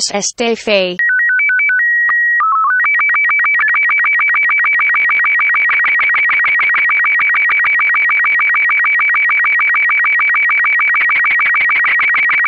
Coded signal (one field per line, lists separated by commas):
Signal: SSTV (slow-scan television)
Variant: Robot 36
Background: speech